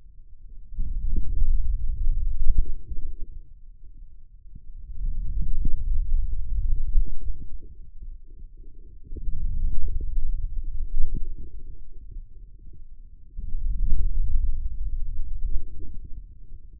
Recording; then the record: forearm muscle sounds (acoustic myography)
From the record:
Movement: hand closing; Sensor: system 2, bracelet of six BSWA MPA416 microphones around the upper forearm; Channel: 6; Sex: male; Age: 22 years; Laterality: right